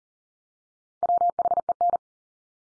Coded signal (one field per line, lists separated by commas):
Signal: Morse code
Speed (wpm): 40 wpm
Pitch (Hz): 700 Hz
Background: none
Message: WHEN